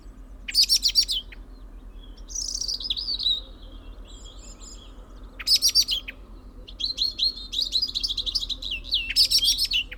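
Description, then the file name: European robin song: bursts of high, thin, rapid trilled notes alternating with sweet warbled phrases, with short pauses between phrases. "Erithacus rubecula"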